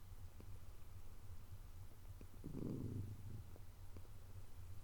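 Cat purring, a low rumbling drone with one stronger swell midway.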